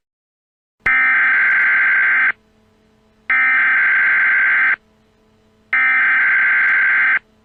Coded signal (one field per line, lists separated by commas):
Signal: Emergency Alert System (SAME) tones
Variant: header bursts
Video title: EAS Erie, PA Scenario- The Terror After the Storm